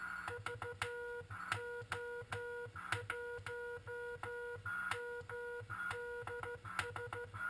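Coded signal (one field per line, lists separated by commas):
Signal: Morse code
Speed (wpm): 13 wpm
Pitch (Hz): 480 Hz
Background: none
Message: VO1MDS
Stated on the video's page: QRP CW transceiver on 7.023 MHz.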